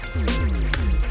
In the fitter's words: nah udah ngunci dia Aman dong